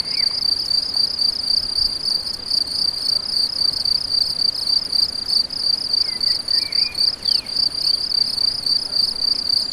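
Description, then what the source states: Crickets chirping in a steady high-pitched trill, pulsing rapidly about four times a second, with faint thin whistled notes from a bird in the background. Several crickets; recorded on an MZ-N710; dated 7 05 14.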